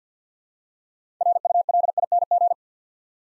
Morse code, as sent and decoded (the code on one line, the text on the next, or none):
.-. ..- .-.. .. -. --.
RULING